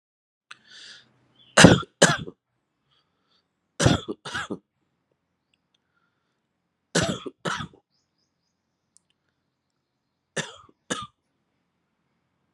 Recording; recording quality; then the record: shallow voluntary cough; excellent, no background noise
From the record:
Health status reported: COVID-19 positive, moderate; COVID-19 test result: positive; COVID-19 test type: RT-PCR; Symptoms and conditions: cough, sore throat, hypertension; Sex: male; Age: 52 years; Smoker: no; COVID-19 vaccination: both doses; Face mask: not worn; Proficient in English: yes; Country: India